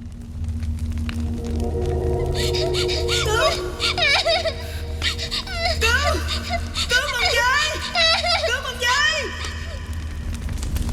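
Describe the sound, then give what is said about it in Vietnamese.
Children cry and wail in high, wavering, overlapping sobs that rise and fall in pitch, carried over a steady low droning hum throughout. “Đột nhiên Bình nghe có âm thanh gào thét, tiếng của lửa cháy, cả tiếng khóc thảm thiết của trẻ con.”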